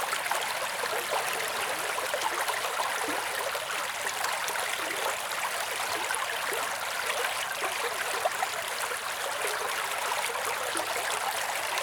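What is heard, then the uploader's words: A creek runs steadily, its soft rush of water holding an even level from start to finish. The sound is bright and hissy, with little low rumble, and fine splashes and trickles flicker constantly through it at close range. Soft Sounds of the Creek.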